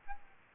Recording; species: mosquito wingbeat signal from an infrared sensor; Aedes albopictus